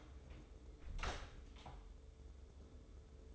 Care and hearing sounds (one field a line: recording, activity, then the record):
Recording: daily activity, microphone in the room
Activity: close door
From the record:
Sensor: 3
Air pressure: 1015.1 hPa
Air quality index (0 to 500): 141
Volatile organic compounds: 7 ppm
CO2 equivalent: 1993 ppm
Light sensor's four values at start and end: 16/40/16/17 and 16/40/16/17